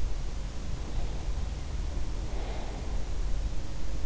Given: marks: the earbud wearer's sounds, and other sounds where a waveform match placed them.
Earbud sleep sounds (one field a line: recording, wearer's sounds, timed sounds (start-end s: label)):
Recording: sounds in sleep by an in-ear microphone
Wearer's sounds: breath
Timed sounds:
0.65-3.27 s: breath